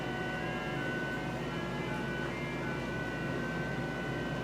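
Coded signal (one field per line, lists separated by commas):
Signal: JT65, JT9 or WSPR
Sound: several steady whistling tones at different pitches held over hiss, slowly changing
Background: radio static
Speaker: These are actual JT65 transmissions. Hear all the different tones being keyed on and off. And again, it sounds like somebody playing on a keyboard or playing a musical instrument.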